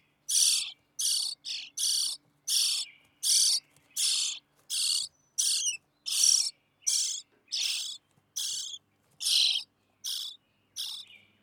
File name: European Starling